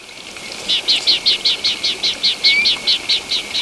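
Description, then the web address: Grass wren song: a rapid, steady series of many bright, slightly buzzy high notes. Recorded in Ecuador. "S America Birds of Ecuador. Grass Wren"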